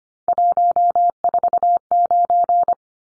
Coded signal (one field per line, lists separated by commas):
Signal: Morse code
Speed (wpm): 25 wpm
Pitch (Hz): 700 Hz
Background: none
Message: 149